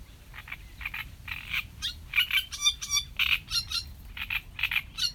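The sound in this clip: Sedge warbler sings a rapid, grating chatter broken by squeaky trills and thin whistled notes, phrases tumbling over one another in quick succession.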